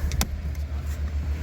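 A plastic dash trim panel on a Lexus IS350, refitted during an AC servo motor replacement, is pressed evenly on all its tabs into the dashboard clip holes. A low, steady rumble runs underneath as a sharp click at 0.2 s marks the panel snapping into place. The panel is confirmed seated.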